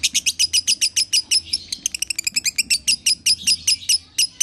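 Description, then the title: Lovebird chatter of shrill, buzzy chirps in quick succession, briefly clustering into a faster stuttering run midway. Lovebird tutor recording in the konslet song style, used to train other lovebirds. "Masteran Lovebird Konslet"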